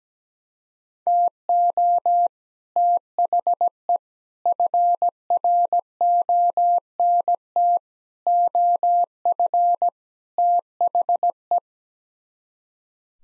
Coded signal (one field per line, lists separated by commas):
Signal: Morse code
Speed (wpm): 17 wpm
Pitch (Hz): 700 Hz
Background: none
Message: TO THE FRONT OF THE